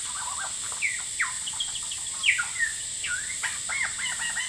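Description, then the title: Lyrebird song, a varied run of whistled slurs, chirps and sharp rising-falling notes, loudest midway, against constant buzzing cicadas. Male, calling very actively outside a window, Horsfield Bay, New South Wales, Australia, 23 January 2017; loud cicadas present; recording noise-reduced. "Lyrebird - Horsfield Bay NSW, Jan 23 2017"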